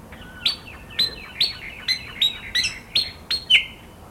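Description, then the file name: Pied fantail song: a series of short sharp notes sweeping down to steady high whistles, repeated about every half second, ending in a longer level note. Garden setting. "kipasan kebun omkicau"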